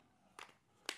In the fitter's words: turn and twist, locks into place, and now you have your blower accessory.